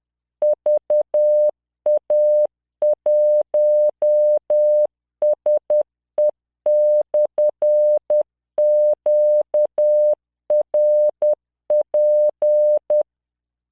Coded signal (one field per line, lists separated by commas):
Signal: Morse code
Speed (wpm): 10 wpm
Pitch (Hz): 600 Hz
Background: none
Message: VA1SE/QRP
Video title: tamanのモールス練習動画45（モールス信号 速度10WPM morse code)